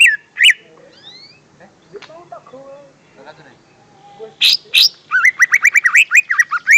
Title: Kicau Burung Cucak Ijo